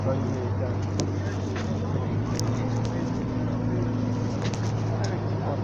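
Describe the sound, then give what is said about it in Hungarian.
A truck pulling in, its engine rumbling steadily at a low pitch, a constant droning hum with a few faint clicks and rattles over it, holding the same loudness throughout. “Bejött a kamion is.”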